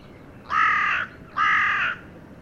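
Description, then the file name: Carrion crow giving two harsh, drawn-out caws less than a second apart, each roughly half a second long, over a quiet background. "Corvus corone"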